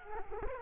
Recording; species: mosquito wingbeat signal from an infrared sensor; Culex quinquefasciatus